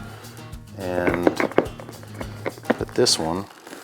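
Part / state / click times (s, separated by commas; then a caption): plastic decoy head into decoy body dovetail mount / not seated / none. A plastic hen head is handled at the dovetail mount of a turkey decoy body while someone talks, with sharp plastic taps and knocks around 1.6, 2.5 and 2.7 seconds. The head has not yet been twisted and locked onto the body, so nothing has seated or clicked yet.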